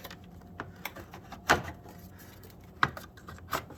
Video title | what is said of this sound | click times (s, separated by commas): 2012 Chrysler 200 TIPM replacement, yes no special tools needed. | Over the top, and you heard it click in place. | 2.8 s